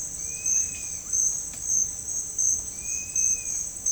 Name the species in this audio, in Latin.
Myiozetetes cayanensis